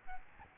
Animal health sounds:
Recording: mosquito wingbeat signal from an infrared sensor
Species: Aedes albopictus

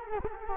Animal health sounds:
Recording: mosquito wingbeat signal from an infrared sensor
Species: Culex quinquefasciatus

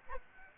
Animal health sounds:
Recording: mosquito wingbeat signal from an infrared sensor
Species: Anopheles arabiensis

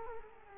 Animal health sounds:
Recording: mosquito wingbeat signal from an infrared sensor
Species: Culex quinquefasciatus

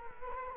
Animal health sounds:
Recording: mosquito wingbeat signal from an infrared sensor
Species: Culex quinquefasciatus

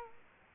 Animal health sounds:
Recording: mosquito wingbeat signal from an infrared sensor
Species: Culex quinquefasciatus

